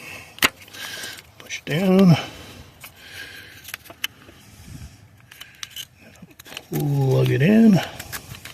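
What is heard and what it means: A plastic wiring harness plug is handled over the last ignition coil connector during a spark plug replacement on a 2004 Honda Accord, with light rattles and sharp ticks of handling as someone talks. The clip ends just before the plug goes home; nothing has seated or clicked yet.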